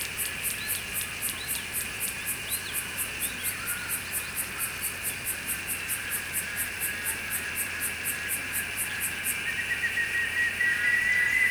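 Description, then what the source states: Cicada song in rhythmic high rasping pulses, several each second, that stop near the end over a continuous lower drone. Cicada heard in summer.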